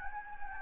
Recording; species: mosquito wingbeat signal from an infrared sensor; Anopheles gambiae